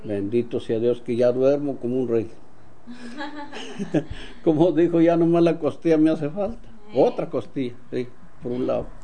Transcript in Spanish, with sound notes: Bendito sea Dios que ya duermo como un rey. (risas) Como dijo, ya nomás la costilla me hace falta.
Ey.
Otra costilla, sí, por un la o.